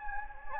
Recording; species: mosquito wingbeat signal from an infrared sensor; Anopheles gambiae